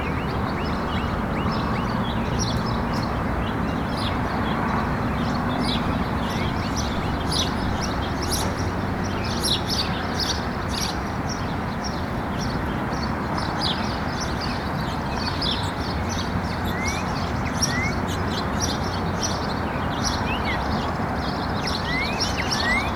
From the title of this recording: Happy Birds on a Breezy Day